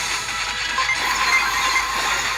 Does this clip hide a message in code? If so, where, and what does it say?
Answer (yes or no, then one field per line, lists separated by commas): no